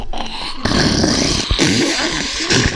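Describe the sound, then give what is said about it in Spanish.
A low, rasping, snore-like sound effect with a drawn-out growling groan, sustained and fairly loud, swelling in a few pulses over nearly three seconds with an eerie, ghostly character. “¿Un ronquido? Un espíritu.”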